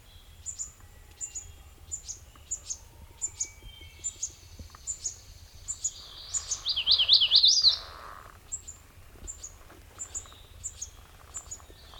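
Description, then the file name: MacGillivray's warbler song, a loud rapid rolling phrase of zigzag notes; high thin chips repeat regularly throughout, with steady low background rumble. Recorded on 9 June 2002; six songs. "2002-06-09 MAWA 6 songs"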